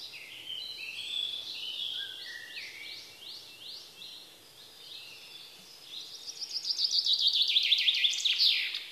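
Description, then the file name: Common chaffinch singing: runs of bright, quick notes stepping down in pitch, and later a louder, rapid run of high notes. "Bofink"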